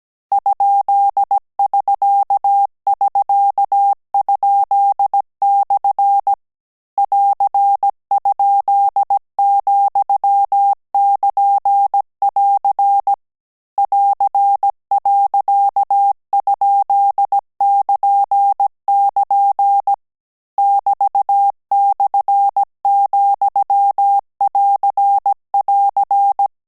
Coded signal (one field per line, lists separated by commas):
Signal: Morse code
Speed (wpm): 17 wpm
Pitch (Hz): 800 Hz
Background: none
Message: ?<SK><SK>?/ <AR>?,<KN><AR> <AR>.?<KN><KN> <BT>/,<AR><AR>